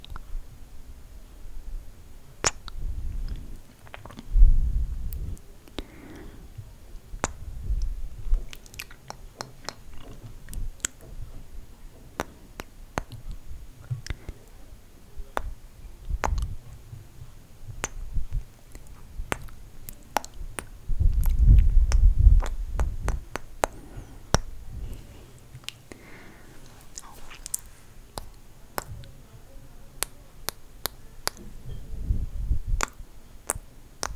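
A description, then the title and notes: Wet mouth sounds and lip smacks from slow mic kisses with lip gloss, crisp clicks and pops scattered irregularly throughout. Soft low thumps and breathy rustles swell now and then, strongest around five and twenty-two seconds. ASMR MIC KISSES Slow Tingly sounds w lip gloss.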